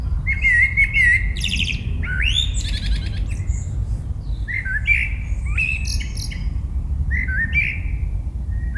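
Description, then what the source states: Eurasian blackbird giving near-continuous song, mellow whistled warbles mixed with scratchy high twitters, with steady low-pitched background noise throughout. Recorded in 2018.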